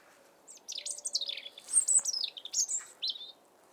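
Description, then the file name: European robin song, one continuous rapid phrase of shrill, tinkling notes sliding up and down. "Erithacus rubecula"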